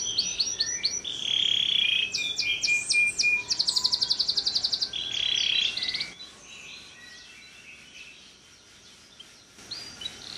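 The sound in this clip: Bird song of buzzy trills and scratchy chatter for about six seconds, then dropping to faint scattered notes and near quiet.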